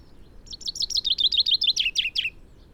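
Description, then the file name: Common chaffinch song: a single rapid phrase of high, bright notes that tumble downward in a quick series and end in a short flourish, then quiet. "Fringilla coelebs"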